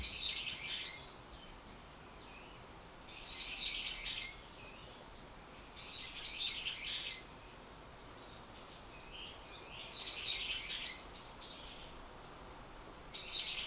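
Bird singing quick, high twittering bursts about every three seconds, with thin faint whistles between the phrases and a steady hiss behind.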